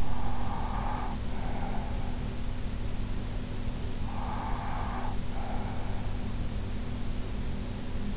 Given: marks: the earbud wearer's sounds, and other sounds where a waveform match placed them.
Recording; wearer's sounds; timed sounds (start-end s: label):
sounds in sleep by an in-ear microphone; breath
0.00-2.45 s: breath
3.94-6.20 s: breath